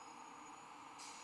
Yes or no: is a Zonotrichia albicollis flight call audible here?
no